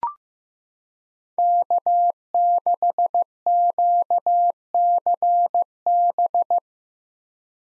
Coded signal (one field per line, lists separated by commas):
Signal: Morse code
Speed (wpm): 16 wpm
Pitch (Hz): 700 Hz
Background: none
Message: K6QCB